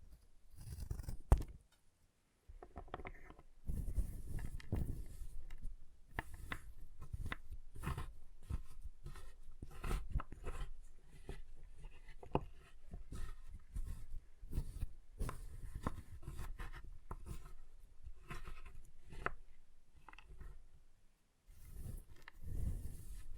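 Chalk is carved and cut in a quick, uneven run of scraping strokes and sharp clicks. The taps come several times a second with short pauses between them. A louder snap lands near the start, and there is a brief silence around two seconds.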